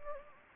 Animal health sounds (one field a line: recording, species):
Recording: mosquito wingbeat signal from an infrared sensor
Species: Anopheles gambiae